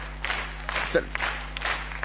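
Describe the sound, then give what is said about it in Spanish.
An audience applauds, a fairly soft, steady wash of many hands clapping that swells slightly in places over two seconds, with faint murmuring voices mixed into the crowd noise. “¿Por qué aplaude todo el tiempo esta gente?”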